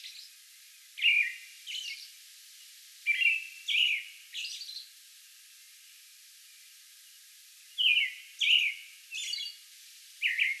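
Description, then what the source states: American robin song: clear, caroling whistled phrases in short groups, each a few syllables with squeaky high notes, separated by pauses of a second or more. Song bout recorded May 11.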